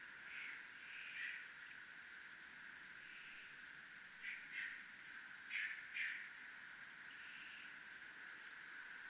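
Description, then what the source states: Cricket trilling on one high steady note, with scattered brief buzzy bursts in a quieter background. Crickets recorded in a military zone.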